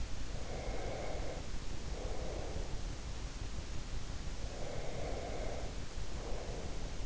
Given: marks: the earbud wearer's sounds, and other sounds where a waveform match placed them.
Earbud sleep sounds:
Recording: sounds in sleep by an in-ear microphone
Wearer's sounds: breath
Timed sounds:
0.48-3.18 s: breath
4.30-7.06 s: breath

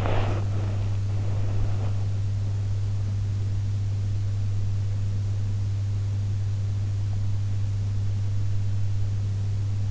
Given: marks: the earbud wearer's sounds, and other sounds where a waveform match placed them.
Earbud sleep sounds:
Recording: sounds in sleep by an in-ear microphone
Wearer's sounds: body movement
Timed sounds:
0.00-3.44 s: body movement

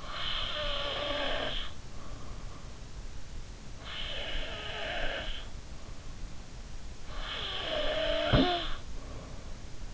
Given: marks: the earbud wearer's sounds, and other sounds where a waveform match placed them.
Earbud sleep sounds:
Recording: sounds in sleep by an in-ear microphone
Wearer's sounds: snoring breath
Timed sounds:
0.00-2.72 s: snoring breath
3.74-5.47 s: snoring breath
7.11-9.46 s: snoring breath

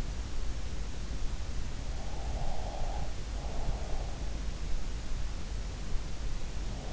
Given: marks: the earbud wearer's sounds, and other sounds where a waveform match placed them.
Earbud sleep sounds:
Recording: sounds in sleep by an in-ear microphone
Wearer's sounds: breath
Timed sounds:
2.33-3.85 s: breath

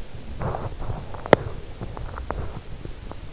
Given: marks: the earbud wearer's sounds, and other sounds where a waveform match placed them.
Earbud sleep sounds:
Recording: sounds in sleep by an in-ear microphone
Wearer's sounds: teeth grinding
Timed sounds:
0.00-3.29 s: teeth grinding

